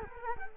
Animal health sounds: mosquito wingbeat signal from an infrared sensor; Culex quinquefasciatus

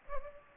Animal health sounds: mosquito wingbeat signal from an infrared sensor; Culex pipiens

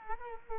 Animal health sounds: mosquito wingbeat signal from an infrared sensor; Culex quinquefasciatus

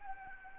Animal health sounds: mosquito wingbeat signal from an infrared sensor; Anopheles arabiensis

